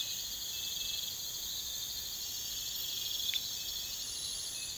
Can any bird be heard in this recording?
no